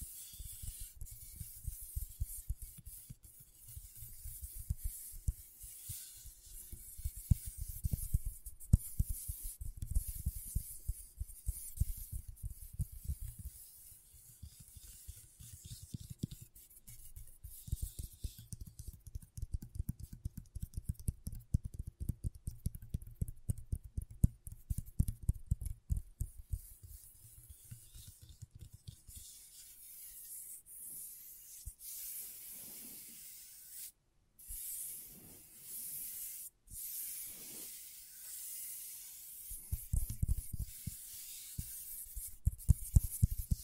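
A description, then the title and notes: Scratchboard being worked: dense, gritty scraping strokes with low thumps, quieter after thirty seconds, broken by two brief silent gaps near the end. ASMR Brain Tingling Scratchboard (No Talking).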